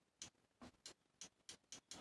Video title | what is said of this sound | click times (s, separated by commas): How to fix Lalanne's Juicer. Part 2 [ problem is found and got fixed ] | see here here hear the click | 0.2 s, 0.9 s, 1.2 s, 1.7 s, 1.9 s